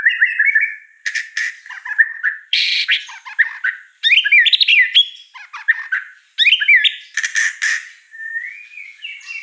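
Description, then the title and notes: White-rumped shama song, a varied run of fluty whistles mixed with harsh scratchy notes and quick chattering bursts, with short pauses between phrases. Lure audio meant to provoke singing, described as gacor (actively singing) with rich, elaborate isian (mimicked fill phrases). "Pancingan Gacor Murai Batu Bongkar Isian Mewah. Audio Murai Batu Dongfeng"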